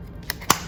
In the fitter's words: and as you see it snaps right into place